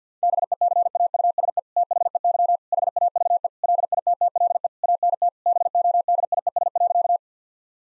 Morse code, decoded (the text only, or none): BECAUSE THEY HAVE LITTLE ANT BODIES.